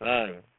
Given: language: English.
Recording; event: throat vibration sensor signal played as sound; speech